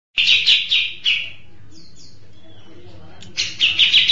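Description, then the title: Birds singing: bursts of sharp, high chirping trills, a quiet pause with a faint sliding whistle, then the rapid chirps return. Mixed birds. "Burung Campur2"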